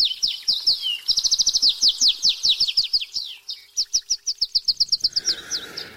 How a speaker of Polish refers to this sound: A to, co słyszeliśmy, czyli śpiew kanarków, to zasługa pana Tomasza Grodowczyka, który, jak państwo doskonale wiedzą, rejestruje różne ptasie dźwięki, no i my czasem z tego korzystamy.